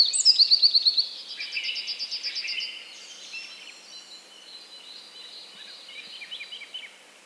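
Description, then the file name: Eurasian wren song opening with a loud, fast, high trill of repeated notes, then trailing into quieter twittering. "Troglodytes troglodytes"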